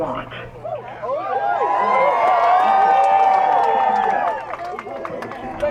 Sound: over loudspeaker; crowd cheers